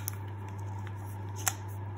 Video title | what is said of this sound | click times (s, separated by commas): How to wire an E27 lamp holder, and undo a lamp holder by releasing the locking barb. | That is the locking barb clicking against the inside. | 0.1 s, 1.5 s